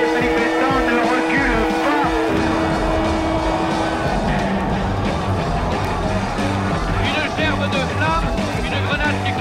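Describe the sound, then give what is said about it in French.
Gendarmerie and CRS riot police vehicles charge in the Latin Quarter, engines roaring and revving, a dense, loud churn of motor noise and hissing water spray from fire hoses, with shouting voices mixed through the din. “Les gardes de la gendarmerie et les CRS qui sont en train de charger avec des voitures, lançant de l'eau, des lances de pompiers.”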